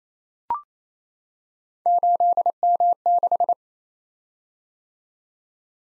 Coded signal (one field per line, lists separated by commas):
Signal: Morse code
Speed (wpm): 29 wpm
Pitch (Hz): 700 Hz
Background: none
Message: 8M6